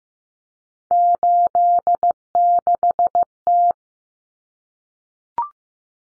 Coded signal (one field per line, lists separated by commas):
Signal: Morse code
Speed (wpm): 15 wpm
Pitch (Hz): 700 Hz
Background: none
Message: 86T